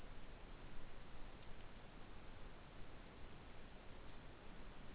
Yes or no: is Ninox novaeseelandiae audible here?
no